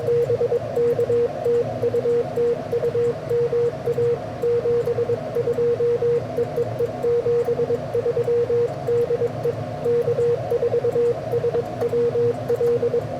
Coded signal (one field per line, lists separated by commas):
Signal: Morse code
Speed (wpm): 22 wpm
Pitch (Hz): 480 Hz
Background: radio noise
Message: BK TU TU MA 72 EEE 73 DE K4SWL